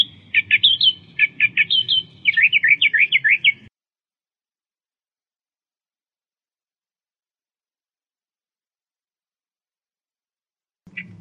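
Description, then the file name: Australian reed warbler song: a quick run of harsh, chattering notes for under four seconds, then silence and a brief restart at the end. "suara kicauan burung kerakbasi australia. omkicau"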